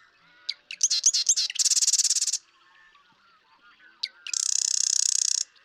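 Marsh Wren song: a few sharp introductory ticks and then a loud, dense buzzy rattle lasting about a second, given twice with a pause between.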